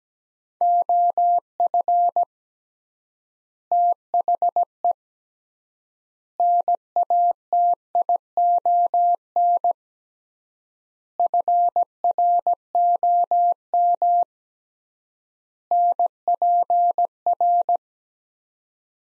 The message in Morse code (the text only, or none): OF THE NATION FROM NPR